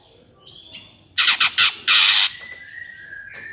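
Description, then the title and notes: Greater green leafbird gives a soft whistle, then three quick harsh notes and a longer grating burst, followed by a drawn-out whistled tone. Bird singing vigorously (gacor) in ngentrok style with crest raised, described as melodious; recording meant as a master track for training captive greater green leafbirds. "Cucak Ijo Gacor Ngentrok Jambul Nembak. suara burung cucak ijo gacor, merdu cocok buat masteran burung cucak ijo"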